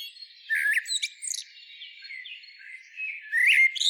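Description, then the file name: Common blackbird giving loud warbled whistles with high squeaks, a quieter stretch, then another loud whistled phrase near the end. "Turdus merula"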